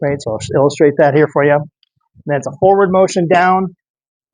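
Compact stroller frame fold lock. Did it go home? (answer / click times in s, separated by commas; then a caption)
no / none. Someone talks while handling the fold lock of a compact Uppababy Minu v3 stroller frame, beginning to fold it forward and down. Only speech is heard, with quiet pauses between phrases. Nothing has seated or clicked yet.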